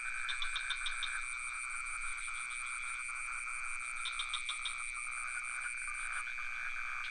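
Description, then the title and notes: Steady high-pitched cricket drone beside a lower buzzing chorus, with rapid clicking frog bursts at the start and near four seconds. Recorded near a pond in Ubud with some frogs calling; Sony PCM D50 recorder with Rode NT4 microphone. "Crickets and frogs in Ubud. Recorded near the pond in Ubud. Sublime frequencies of crickets and some frogs"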